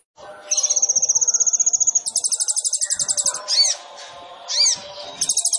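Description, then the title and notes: Sunbird song: a high, even trill changing into faster pulsing trills, interrupted twice by swooping arched notes. Indonesian masteran training recording with full isian (fill phrases) and tembakan (shot phrases); kolibri ninja singing gacor (vigorously); meant as pancingan to provoke other birds into singing. "MASTERAN KOLIBRI NINJA TERBAIK FULL ISIAN DAN TEMBAKAN MEWAH COCOK BUAT PANCINGAN. Suara Burung Kolibri Ninja Gacor"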